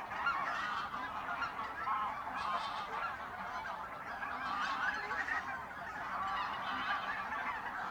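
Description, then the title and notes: Goose: geese keep up a continuous overlapping din of honks from a large flock, with a few sharper, higher calls breaking through. Geese at re-naturalised Polder Glies, Sellstedt, Germany, 9 November 2020; binaural ORTF with two t.bone SC 140 microphones, Rycote windjammer, TASCAM DR100 MK3. "Oies - Geese. Enregistrement binaural d'oiseaux dans la zone re-naturalisé de Polder Glies, Sellstedt, Allemagne. Enregistré le 09 Novembre 2020"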